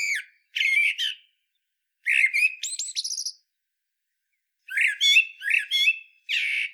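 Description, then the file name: Common blackbird, clusters of harsh chirps and slurred whistles with thin high twitters, delivered in bursts with pauses between. "Turdus merula"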